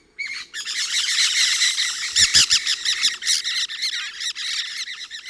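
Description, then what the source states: Pyrrhura parakeet flock calls, continuous loud overlapping squawks and chatter from several birds, with a brief low thump midway. Resident flock of about 8 birds, 20-25 m up in trees within a station clearing, about 30 m away; about 12:20 p.m., partly cloudy, upper 80s.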